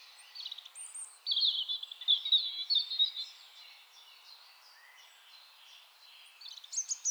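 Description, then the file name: European robin giving a sweet, high-pitched warbled phrase of jumbled trills and twitters, a quieter stretch, then a few sharp high notes at the end. "Erithacus rubecula"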